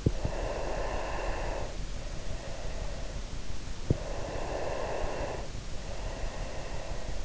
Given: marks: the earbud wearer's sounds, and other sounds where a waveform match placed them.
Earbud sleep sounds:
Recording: sounds in sleep by an in-ear microphone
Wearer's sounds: breath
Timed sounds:
0.30-3.74 s: breath
4.20-7.25 s: breath

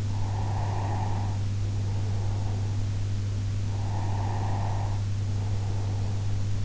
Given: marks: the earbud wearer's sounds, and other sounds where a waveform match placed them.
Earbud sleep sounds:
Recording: sounds in sleep by an in-ear microphone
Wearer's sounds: breath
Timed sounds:
0.18-2.92 s: breath
3.83-6.32 s: breath

